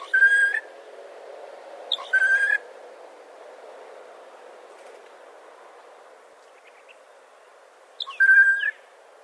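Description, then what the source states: Bird whistling brief, even-pitched notes with a faint upward flick, three calls separated by long pauses, with a low steady hiss beneath. Unidentified bird, recorded 21 April 2011.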